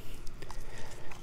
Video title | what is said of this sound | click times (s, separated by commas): How to install a drip irrigation system, from design to implementation | kind of hear it click | 0.5 s